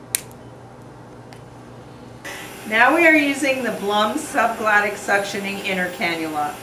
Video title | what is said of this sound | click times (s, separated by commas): Viasys Avea Ventilator with Blom Tracheostomy Tube | you will now hear an audible click | 0.2 s